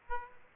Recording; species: mosquito wingbeat signal from an infrared sensor; Aedes aegypti